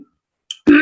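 Two quick voiced throat-clearing grunts, an imitation of the habitual, automatic reflex throat clearing of people with sinus inflammation and excess mucus production, where mucus dripping down irritates the back of the throat, often without their recognizing it.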